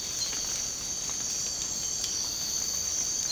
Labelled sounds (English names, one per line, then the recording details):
none
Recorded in secondary vegetation near Puerto Asís, Putumayo, Colombia, on 19 March 2025 at 04:00
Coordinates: 0.485, -76.322
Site G040